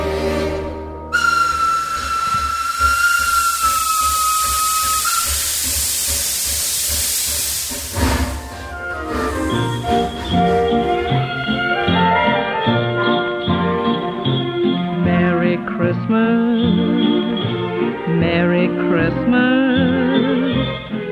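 A steam train whistles with a steady high tone and loud hissing steam for several seconds, then gives way to a busy, rhythmic mix of tones as the train moves along. No one speaks.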